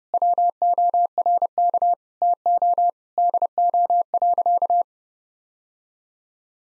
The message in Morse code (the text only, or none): WORK TO DO.